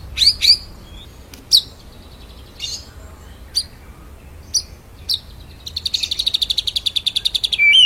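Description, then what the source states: White-rumped shama song, scattered sharp high notes with gaps, ending in a rapid buzzy trill. Masteran, a training song played for songbirds to learn; full rolling song with shooting phrases.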